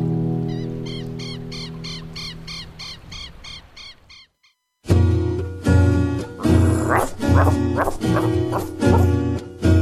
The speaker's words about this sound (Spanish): Esos ladridos que se escucharon al final era algo que se metió de otro video, así que nada que ver esos sonidos.